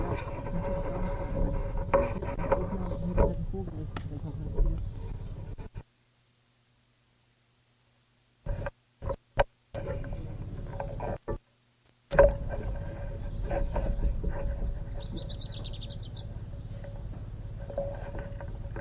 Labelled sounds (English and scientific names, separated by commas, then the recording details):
Canary Islands Chiffchaff (Phylloscopus canariensis)
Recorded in the wild
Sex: diverse
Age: adult
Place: Privatpark "Chiripa" und Botanischer Garten in Puerto de la Cruz, Teneriffa, Teneriffa, Kanarische Inseln, ES
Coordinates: 28.4094, -16.5447
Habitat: park
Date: 1964-04-28 11:00
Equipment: Nagra III PH, Parabolspiegelmikrophon, LGS26
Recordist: Faber, A. and Schneider, H.-J